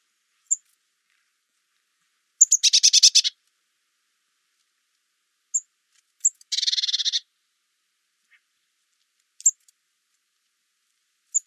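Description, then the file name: Eurasian blue tit calling: thin, high single notes scattered throughout, with two dry, buzzy churring rattles of rapid pulses around three and seven seconds. "Cyanistes caeruleus"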